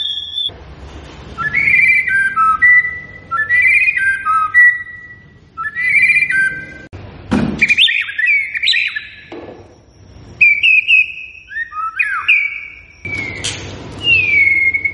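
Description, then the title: White-rumped shama song of clear, varied whistled phrases, some falling, repeated in bursts with short pauses, broken by a loud crackling noise midway. Lure recording of a shama singing profusely, used to draw a quick response from other shamas. "MURAI BATU GACOR"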